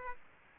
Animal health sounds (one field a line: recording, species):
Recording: mosquito wingbeat signal from an infrared sensor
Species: Aedes aegypti